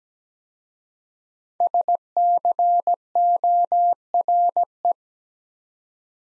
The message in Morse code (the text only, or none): SCORE